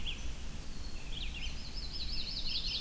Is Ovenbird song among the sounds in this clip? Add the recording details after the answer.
no. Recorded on 23 June 2016 at 05:56. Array SBT-6-76